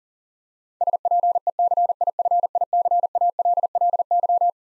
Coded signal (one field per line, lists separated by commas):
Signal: Morse code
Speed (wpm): 40 wpm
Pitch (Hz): 700 Hz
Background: none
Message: SPECIFICALLY